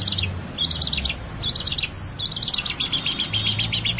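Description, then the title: Long-tailed shrike giving a scratchy, chattering song of rapid high twittering phrases, delivered almost without pause. Champion singing bird. "Kicau Burung Cendet Juara"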